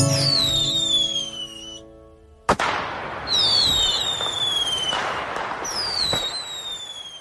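Fireworks going off: several high, shrill whistles that slide downward in pitch, one sharp bang, and a steady crackling hiss underneath, opening with a low droning hum.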